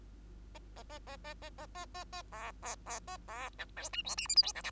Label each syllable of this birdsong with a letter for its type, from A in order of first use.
A A A A A A A A A A B B B A B C D E F G H I J K L